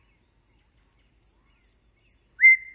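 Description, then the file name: Common nightingale song: a quiet series of thin, very high, drawn-out notes, ending in a sudden louder whistle that rises and then holds steady. "Nattergal"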